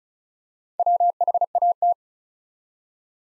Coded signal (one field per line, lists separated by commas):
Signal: Morse code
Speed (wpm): 36 wpm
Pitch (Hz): 700 Hz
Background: none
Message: WHAT